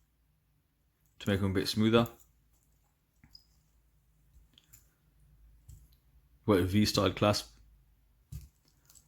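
Someone talks, then closes the steel V-style folding clasp on the metal bracelet of a Pagani Design PD1645 'DateJust Homage' watch, making small metallic handling clicks. The clasp clicks shut at 9.0 s with a positive, secure click, and it is fully seated.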